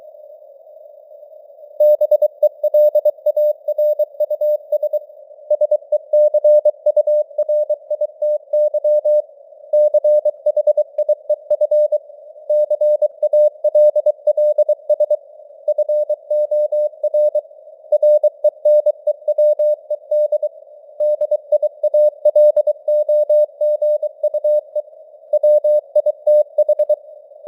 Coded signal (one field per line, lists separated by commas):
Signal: Morse code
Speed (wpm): 23 wpm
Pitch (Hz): 600 Hz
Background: none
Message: BELARUS SECURITY CHIEF CALLS FOR RENEWED DIALOGUE WITH